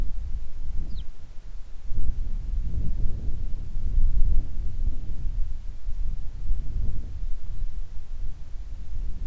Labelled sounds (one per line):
songbird
wind